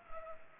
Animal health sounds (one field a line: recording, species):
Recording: mosquito wingbeat signal from an infrared sensor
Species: Culex pipiens